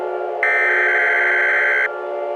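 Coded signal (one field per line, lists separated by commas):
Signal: Emergency Alert System (SAME) tones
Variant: header bursts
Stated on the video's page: Fictional EAS scenario with valid EAS tones.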